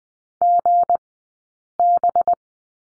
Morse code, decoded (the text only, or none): GB